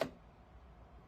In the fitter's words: and pull it back till it clicks.